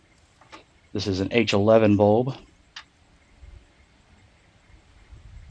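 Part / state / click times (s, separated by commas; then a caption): H11 headlight bulb and its electrical connector in a pickup truck headlight housing / seated / 2.8 s. Someone talks while a new H11 headlight bulb and its electrical connector are snapped straight in at the back of the headlight housing of a 2018-2024 GM pickup truck (Denali, Sierra, Silverado). A sharp click at 2.8 s marks the connector seating in place, followed by quiet low rustling.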